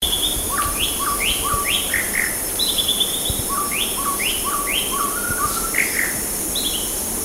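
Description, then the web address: Chestnut-rumped babbler calls, paired short whistled notes, a high slurred note then a lower one, repeated in quick series over a steady high hiss. Recorded at Sepilok on 8 August 2009. "SEPILOK 20090808. chestnut-rumped babbler"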